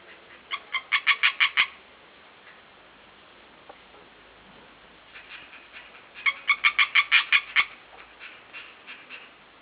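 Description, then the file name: European tree frog producing two rapid bursts of harsh, clicking notes, each of several pulses, separated by several seconds. "rosnicka"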